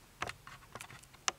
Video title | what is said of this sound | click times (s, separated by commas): How to Remove Honda Parking Brake Electrical Connector | and you can kind of hear it audibly latch so make sure it's latched back in place | 1.3 s